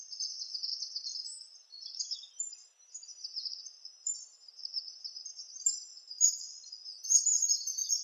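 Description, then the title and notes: Palm tanager giving a continuous run of high, squeaky, chattering notes for the whole stretch. "Sanhaçu-do-coqueiro Palm Tanager ( Tangara palmarum )"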